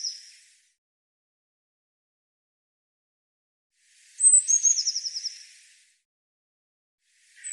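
Eurasian blue tit call: high thin notes sliding into a rapid churring trill, with fragments of similar calls at the start and end, silence otherwise.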